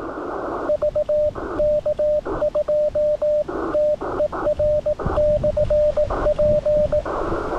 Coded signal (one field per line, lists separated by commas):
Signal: Morse code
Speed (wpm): 18 wpm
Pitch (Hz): 600 Hz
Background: radio noise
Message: VK2TER/P